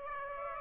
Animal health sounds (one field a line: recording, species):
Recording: mosquito wingbeat signal from an infrared sensor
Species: Aedes aegypti